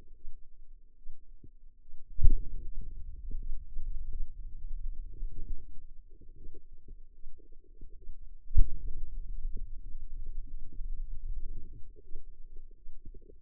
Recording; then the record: forearm muscle sounds (acoustic myography)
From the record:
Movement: finger pinch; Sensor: system 2, bracelet of six BSWA MPA416 microphones around the upper forearm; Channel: 5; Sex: female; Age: 25 years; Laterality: right